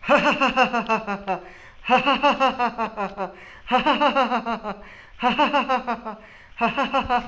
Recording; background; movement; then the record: laughter; quiet; sitting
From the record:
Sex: male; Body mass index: 20.6 kg/m2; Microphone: on the chest, facing the body